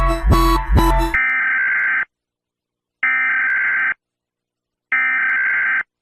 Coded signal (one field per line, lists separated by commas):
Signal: Emergency Alert System (SAME) tones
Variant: header bursts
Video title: EAS ALARMS! Part 1 | by op2k